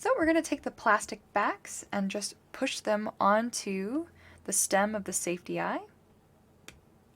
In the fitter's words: until it clicks into place